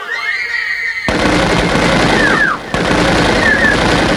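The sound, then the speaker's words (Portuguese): A high whistling tone gives way to a loud, dense roar of rapid automatic gunfire that rattles on continuously, breaks off briefly, then resumes just as heavily. “Eu uso pá, pá, pá, ouço bem, bem, bem. Fogo cruzado, quatro vítimas e dois reféns.”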